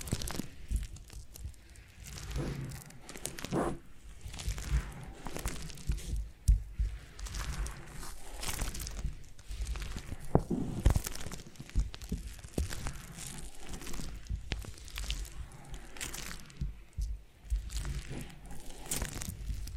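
Foam massage: continuous soft rubbing and crinkling friction with frequent scratchy bursts and squeaks, irregular and dense throughout, occasional sharper clicks.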